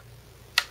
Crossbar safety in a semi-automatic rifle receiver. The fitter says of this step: It runs, there's a ball bearing in there that it lets it lock into place. You can hear it. It clicks very positively.